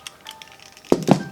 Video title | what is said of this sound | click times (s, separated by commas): Evil Majin Buu Figure By S.H. Figuarts Unboxing #dragonballz #anime #goku | pops off easy by the way kind of | 1.1 s